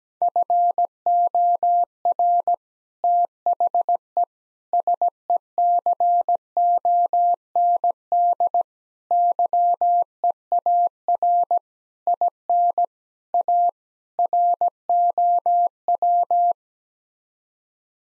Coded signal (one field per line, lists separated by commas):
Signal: Morse code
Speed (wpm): 17 wpm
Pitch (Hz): 700 Hz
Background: none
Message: FOR THE SECOND YEAR IN A ROW